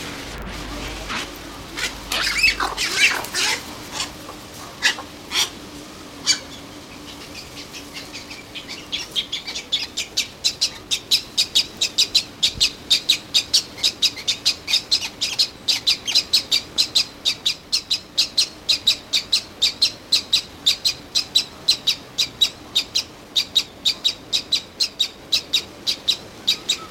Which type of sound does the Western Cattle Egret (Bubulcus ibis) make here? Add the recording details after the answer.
call. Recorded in captivity. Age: adult. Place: Tierpark Berlin, Berlin, DE. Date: 1991-10-31 10:30. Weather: sonnig, 0°C. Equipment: Nagra SN, Kopie Tesla B 116. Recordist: Tembrock, Günter